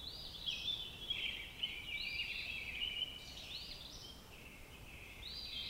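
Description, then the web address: Robin singing a quick stream of high, trilling and warbling notes in short phrases, with a brief pause before a final bright burst. "Sounds of Nature Robins"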